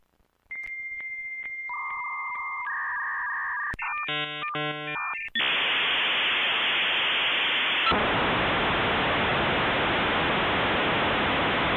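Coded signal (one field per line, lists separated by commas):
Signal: dial-up modem handshake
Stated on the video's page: Simulated tones from a fictional EAS scenario.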